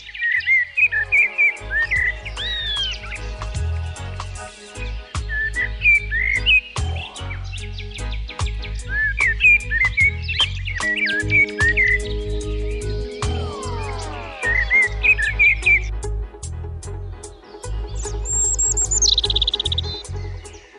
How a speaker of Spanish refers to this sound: Pero hay muchos más con nosotros, por ejemplo, el mirlo, también un pájaro muy acostumbrado ya a vivir con nosotros, que lo podemos ver muy de cerca.